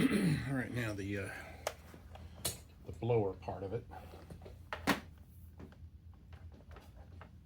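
While reassembling an upright vacuum cleaner, the plastic blower housing is handled and fitted back toward the body as someone talks, with brief sharp handling knocks around 1.7, 2.5 and 4.7 seconds. Nothing has seated or clicked into place yet by the end of the clip.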